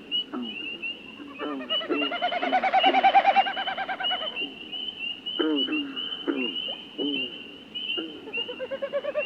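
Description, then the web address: Common Snipe winnowing, a throbbing, pulsed hum that swells for about two seconds, set against a constant high insect-like tone and several short falling calls. North America. "Songs of Birds of North America Know Your Bird Sounds Common Western Species. Common Snipe"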